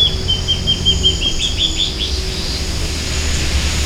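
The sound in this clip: Bird call: a brief series of fast, high, descending chirps in the first two seconds, then only steady low rumbling noise.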